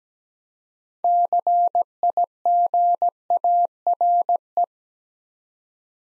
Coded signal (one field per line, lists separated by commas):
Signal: Morse code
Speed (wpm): 17 wpm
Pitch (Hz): 700 Hz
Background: none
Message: CIGARE